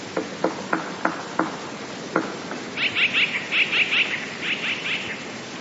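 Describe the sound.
Eurasian blue tit calls: a few dry clicks or taps, then a run of quick, high chirping notes repeated in short bursts.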